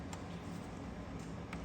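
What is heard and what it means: On a 2015–2022 BMW 750i G12 during a radiator replacement, the spring clip on a second coolant hose is pulled up slowly at the radiator neck to release the hose. Two light ticks sound at 0.1 s and 1.5 s over a steady low background hum. The clip lets go and the hose is released from the radiator.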